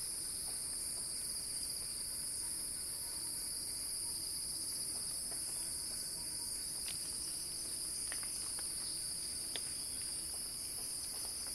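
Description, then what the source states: Cicadas singing in a steady, dense, high-pitched drone with two shrill bands, broken now and then by faint short clicks and ticks. Cicada song in a crescendo, recorded by Axel Drioli for Earth.fm's Sounding Wild.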